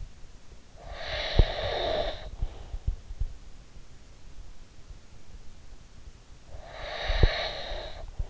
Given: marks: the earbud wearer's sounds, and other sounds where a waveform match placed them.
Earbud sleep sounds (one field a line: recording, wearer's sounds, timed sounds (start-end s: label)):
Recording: sounds in sleep by an in-ear microphone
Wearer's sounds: snoring breath, breath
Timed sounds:
0.84-2.76 s: snoring breath
6.53-8.30 s: breath